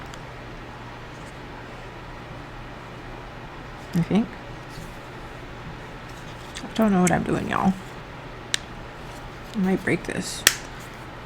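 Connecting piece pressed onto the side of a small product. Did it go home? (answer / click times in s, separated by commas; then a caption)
yes / 8.5 s. Someone talks softly while pushing a plastic connecting piece onto the side of a small product, struggling to fit it over a steady low hum. At 8.5 s the piece snaps into place with a single sharp click, seated after the effort, and the talking continues.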